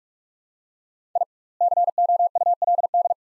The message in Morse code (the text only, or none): I COULD